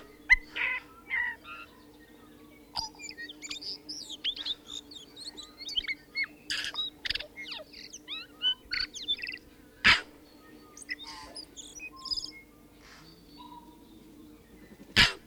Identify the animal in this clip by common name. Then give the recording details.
Tūī. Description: Tūī communication calls. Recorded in New Zealand